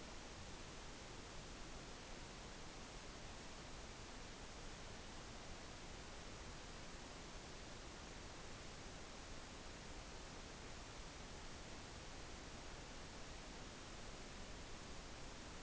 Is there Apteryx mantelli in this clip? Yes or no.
no